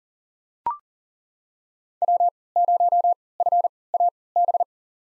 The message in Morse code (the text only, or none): W0FAB